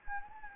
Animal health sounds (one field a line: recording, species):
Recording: mosquito wingbeat signal from an infrared sensor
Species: Anopheles gambiae